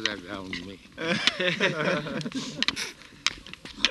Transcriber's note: laughter